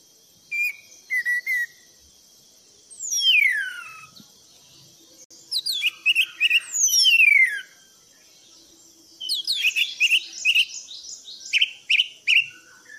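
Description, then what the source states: Thrush song of short whistles and long descending slurs, ending in a busy stretch of rapid high chips and warbles. Bird-keeping masteran recording for training pet songbirds; song style described as 'gacor teler'.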